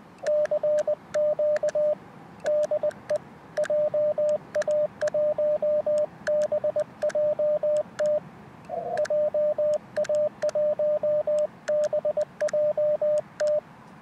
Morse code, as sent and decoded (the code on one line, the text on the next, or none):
-.-. --.- / -.. . / .--- .- .---- -... .--- - / .--- .- .---- -... .--- -
CQ DE JA1BJT JA1BJT